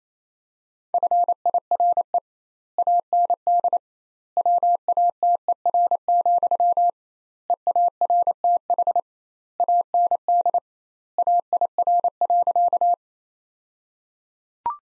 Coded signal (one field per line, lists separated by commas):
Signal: Morse code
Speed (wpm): 28 wpm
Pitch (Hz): 700 Hz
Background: none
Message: FIRE AND WATER, EARTH AND AIR.